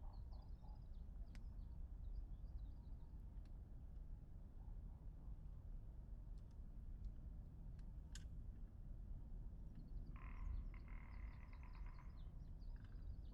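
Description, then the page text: Rock ptarmigan giving a dry, rattling croak near the end, with faint high chirps of small birds earlier and a low steady background rumble. Curious rock ptarmigan recorded in Iceland on 13 April 2019 with a Lewitt LCT540s microphone. "Lewitt LCT540s and the curious Rock Ptarmigan. HLJÓÐMYND - SOUNDIMAGE"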